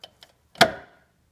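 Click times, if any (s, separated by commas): 0.6 s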